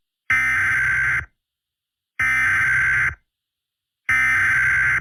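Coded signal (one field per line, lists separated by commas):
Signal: Emergency Alert System (SAME) tones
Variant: header bursts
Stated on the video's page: Fictional EAS scenario about a zombie apocalypse.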